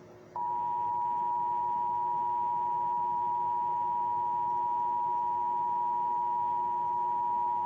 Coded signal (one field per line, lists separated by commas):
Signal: Emergency Alert System (SAME) tones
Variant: 853 and 960 Hz attention tone